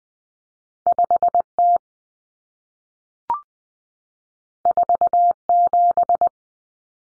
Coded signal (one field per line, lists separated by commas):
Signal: Morse code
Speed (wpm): 20 wpm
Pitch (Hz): 700 Hz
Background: none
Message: 5T 47